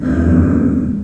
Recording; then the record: squeal of a Yucatan mini pig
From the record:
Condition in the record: after surgery on the right vocal fold (resection and tissue-engineered implant); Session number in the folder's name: 7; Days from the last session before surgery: 47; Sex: female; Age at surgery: 19 weeks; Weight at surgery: 25 kg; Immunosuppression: prednisolone